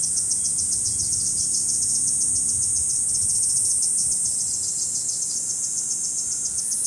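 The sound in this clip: Kuroiwa cicada singing a continuous piercing high drone, rhythmically pulsed several times a second, with faint low rumble beneath.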